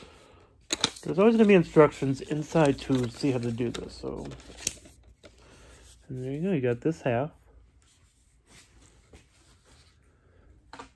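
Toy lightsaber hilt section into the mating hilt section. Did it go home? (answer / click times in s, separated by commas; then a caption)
yes / 10.7 s. Someone talks while two plastic hilt sections of a toy lightsaber are pushed together, followed by a quiet stretch with faint handling noises. A short, sharp click at 10.7 s marks the hilt section seating fully into its mating hilt section, with the click showing it is in all the way.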